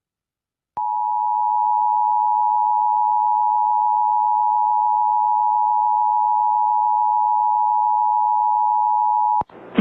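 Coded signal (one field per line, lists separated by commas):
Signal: Emergency Alert System (SAME) tones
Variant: 853 and 960 Hz attention tone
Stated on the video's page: Relayed on an AM radio station.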